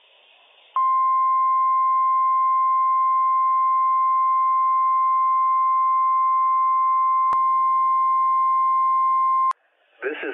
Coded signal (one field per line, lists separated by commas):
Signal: Emergency Alert System (SAME) tones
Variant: 1050 Hz attention tone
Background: speech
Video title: NWS PDT Required Weekly Test - WWF56 - EAS #46 - 10:56 AM PST 2/3/21